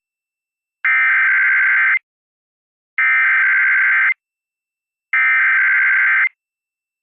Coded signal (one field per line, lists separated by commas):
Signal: Emergency Alert System (SAME) tones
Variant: header bursts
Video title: EAS- Tornado Warning (TOR) KMJ-AM (Madera, Merced, Fresno Counties, CA)